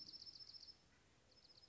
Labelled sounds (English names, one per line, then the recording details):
Dark-eyed Junco
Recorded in Sonoma County, California